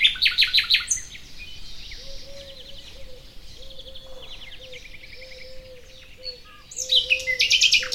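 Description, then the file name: Common nightingale song: fast, loud repeated chirps at the start and end, separated by quieter phrases while a low hooting note repeats steadily many times. "Luscinia megarhynchos"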